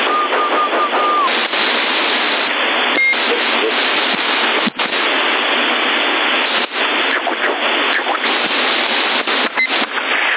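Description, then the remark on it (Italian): Water pours or drains while someone cooks a quick meal with boiling water, a steady, loud rushing splash that runs unbroken for about ten seconds, with a few brief dips and no voices. “Metti acqua bollente, aspetti 3 minuti, poi lo scoli ed è fatto.”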